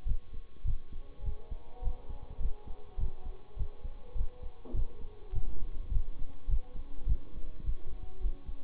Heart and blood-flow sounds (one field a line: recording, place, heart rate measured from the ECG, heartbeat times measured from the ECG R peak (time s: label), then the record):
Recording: heart sounds by stethoscope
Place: between the tricuspid and mitral areas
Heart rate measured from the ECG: 103 bpm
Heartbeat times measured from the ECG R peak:
0.05 s: heartbeat
0.64 s: heartbeat
1.23 s: heartbeat
1.81 s: heartbeat
2.39 s: heartbeat
2.97 s: heartbeat
3.56 s: heartbeat
4.15 s: heartbeat
4.73 s: heartbeat
5.32 s: heartbeat
5.91 s: heartbeat
6.48 s: heartbeat
7.06 s: heartbeat
7.63 s: heartbeat
8.20 s: heartbeat
From the record:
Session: bicycle stress test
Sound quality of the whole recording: good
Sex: male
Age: 26 years